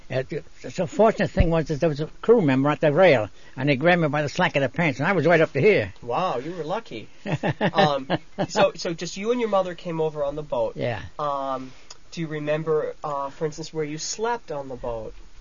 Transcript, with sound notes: The fortunate thing was that there was a crew member at the rail and he grabbed me by the slack of the pants and I was right up to here.
Wow, you were lucky (laughs) So just you and your mother came over on the boat?
Yeah.
Do you remember, for instance, where you slept on the boat?